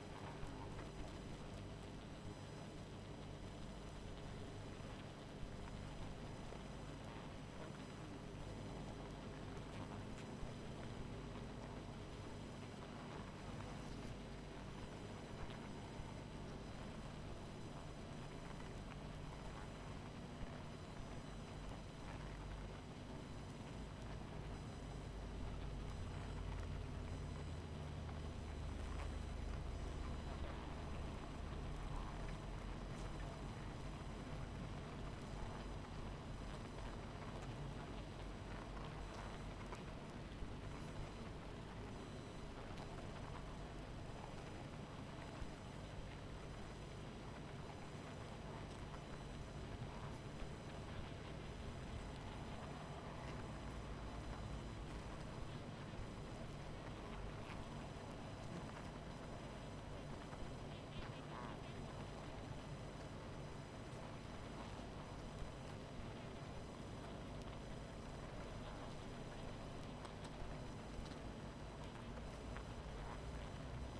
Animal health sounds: honeybee colony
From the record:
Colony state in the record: missing queen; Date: 14 July 2017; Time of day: 21:53

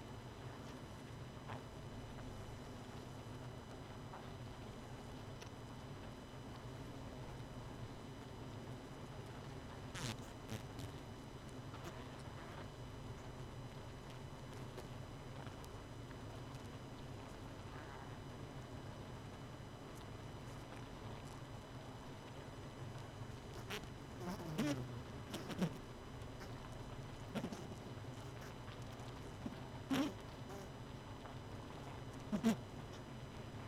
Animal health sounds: honeybee colony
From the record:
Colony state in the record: missing queen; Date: 31 May 2018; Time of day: 22:49

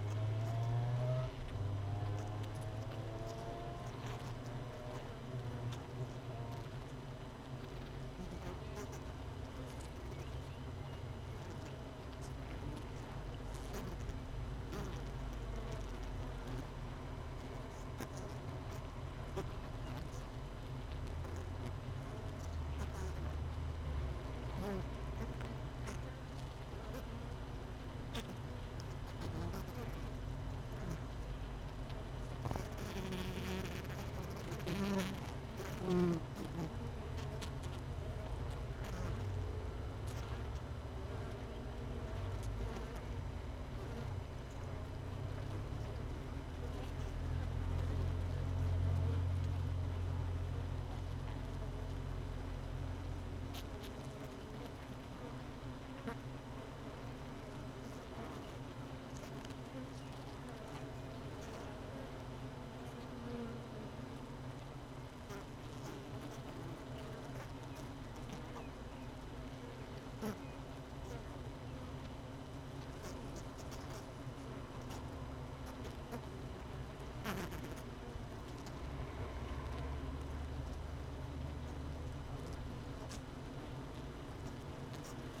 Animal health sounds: honeybee colony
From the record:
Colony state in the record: missing queen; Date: 31 May 2018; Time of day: 17:22

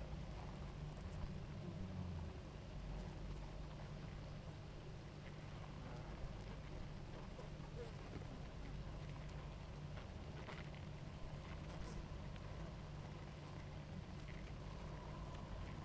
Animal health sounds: honeybee colony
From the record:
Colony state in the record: active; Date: 28 July 2017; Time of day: 18:19

